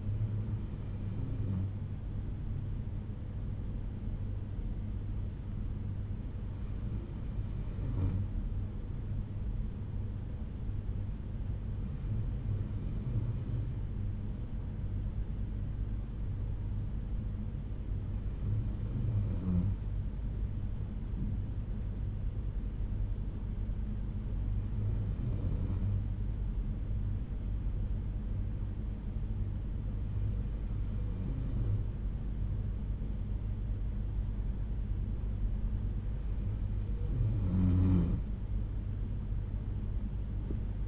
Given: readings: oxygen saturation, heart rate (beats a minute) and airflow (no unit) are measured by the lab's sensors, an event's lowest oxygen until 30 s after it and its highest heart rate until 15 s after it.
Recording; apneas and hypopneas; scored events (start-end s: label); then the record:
breathing in sleep by a smartphone at the bedside; none
39.00-40.88 s: new sleep stage, N1 (lightest sleep)
From the record:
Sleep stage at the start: N2 (light sleep); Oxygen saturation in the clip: 92 to 93%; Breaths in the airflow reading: 7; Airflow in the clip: -6.0 to 3.3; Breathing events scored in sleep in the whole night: 368 in 8.0 hours asleep